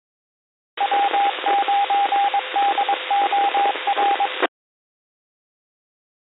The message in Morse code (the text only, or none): W9DOR